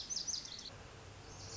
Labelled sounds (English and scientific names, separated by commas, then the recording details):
Lazuli Bunting (Passerina amoena)
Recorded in Sonoma County, California